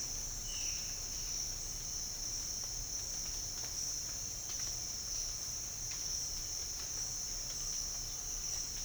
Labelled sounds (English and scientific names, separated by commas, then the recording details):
none
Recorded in dense forest near Puerto Asís, Putumayo, Colombia, on 13 March 2025 at 07:30
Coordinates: 0.484, -76.325
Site G045